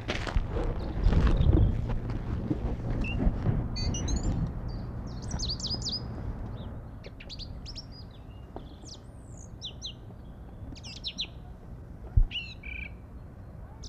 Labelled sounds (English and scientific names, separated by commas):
Song Thrush (Turdus philomelos) song